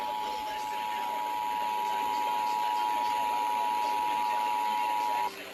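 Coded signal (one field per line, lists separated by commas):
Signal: Emergency Alert System (SAME) tones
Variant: 853 and 960 Hz attention tone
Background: speech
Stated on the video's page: Monthly tests relayed by radio stations, one originated five minutes early with a pre-roll message inserted between attention tones.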